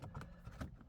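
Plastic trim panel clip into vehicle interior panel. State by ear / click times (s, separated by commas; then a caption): not seated / none. While reinstalling the plastic interior trim panel on a 2026 Lexus NX 350 after fitting the auto start/stop bypass cable, the panel is pushed down to press its clip into the vehicle's interior panel. Low rumbling handling noise is heard, with short sharp knocks around 0.2 s and 0.6 s. Nothing has seated or clicked yet.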